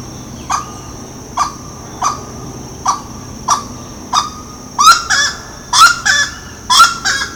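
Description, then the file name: Grey-cowled wood rail calls, starting with single clipped notes at a steady pace, then building into louder, harsher doubled honks. Ibirapuera, São Paulo, Brazil, 6 December 2012. "Aramides-cajanea-Ibirapuera-SP-BR-6-12-12-ASilveira"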